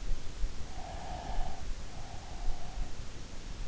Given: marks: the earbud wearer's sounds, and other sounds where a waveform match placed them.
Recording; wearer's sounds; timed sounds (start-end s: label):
sounds in sleep by an in-ear microphone; breath
0.86-3.31 s: breath